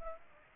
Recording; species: mosquito wingbeat signal from an infrared sensor; Aedes aegypti